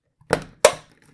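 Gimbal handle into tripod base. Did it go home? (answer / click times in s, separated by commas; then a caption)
yes / 0.7 s. An Osmo gimbal handle is pushed down into its plastic tripod base, which has a foam pad added to tighten the fit. A softer knock at 0.3 s comes before a sharp, loud snap at 0.7 s as the handle locks in. The handle is seated firmly in the base with no movement.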